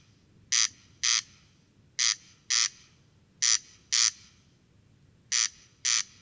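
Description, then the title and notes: Corn crake song, harsh paired rasps, each pair about half a second apart, with short pauses between pairs; faint low rumble beneath. Single singing bird near a peat bog at Col Bayard, Hautes-Alpes, 12 July 2018; sang continuously from 23:00 until dawn; recorded with Nagra Seven and Telinga Pro7 parabola. "Col Bayard - Hautes Alpes. Râle des genêts"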